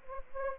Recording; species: mosquito wingbeat signal from an infrared sensor; Anopheles gambiae